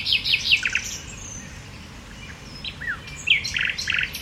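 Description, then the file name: Common nightingale song fragments: short varied chirps and whistled notes at the start and again near the end, separated by a quiet pause. "Luscinia megarhynchos"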